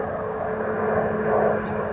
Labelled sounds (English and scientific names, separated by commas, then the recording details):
California Towhee (Melozone crissalis)
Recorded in Sonoma County, California